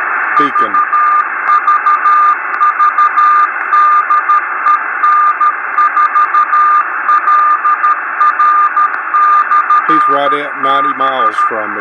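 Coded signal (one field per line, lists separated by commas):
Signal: Morse code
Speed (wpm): 13 wpm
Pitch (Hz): 1200 Hz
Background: speech, radio noise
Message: VVV DE N4LR/B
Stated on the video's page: CW beacon heard while tuning the 6 meter band.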